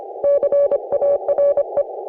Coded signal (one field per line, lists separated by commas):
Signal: Morse code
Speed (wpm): 26 wpm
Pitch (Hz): 560 Hz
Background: none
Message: CARE